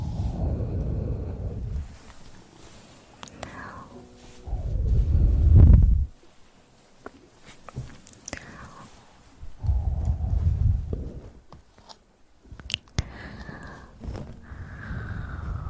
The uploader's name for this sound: Sensitivity Mouth Sounds